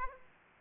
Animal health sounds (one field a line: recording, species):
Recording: mosquito wingbeat signal from an infrared sensor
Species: Aedes aegypti